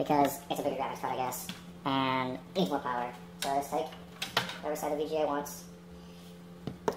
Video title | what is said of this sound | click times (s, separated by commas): AMD 8350 R9 280 Gaming Build Under $1000 | Yep, this one just pops right in. | 6.9 s